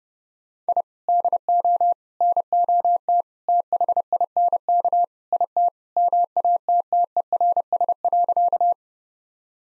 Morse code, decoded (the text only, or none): I DO NOT THINK IT MATTERS.